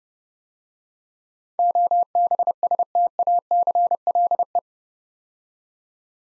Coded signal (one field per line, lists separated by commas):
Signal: Morse code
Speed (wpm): 30 wpm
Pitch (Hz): 700 Hz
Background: none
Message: OBSTACLE